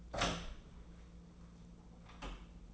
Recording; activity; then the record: daily activity, microphone in the room; open door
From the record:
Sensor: 1